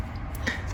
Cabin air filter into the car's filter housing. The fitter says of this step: that's work too hard then right in there you'll hear click into place and then